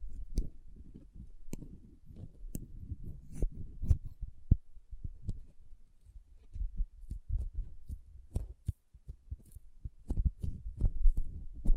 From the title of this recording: Soft Squishy Sticky, Crinkle, Cutting Sounds